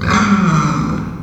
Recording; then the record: squeal of a Yucatan mini pig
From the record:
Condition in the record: after surgery on the right vocal fold (resection and tissue-engineered implant); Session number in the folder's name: 15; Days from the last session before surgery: 175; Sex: female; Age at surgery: 19 weeks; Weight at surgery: 25 kg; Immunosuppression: prednisolone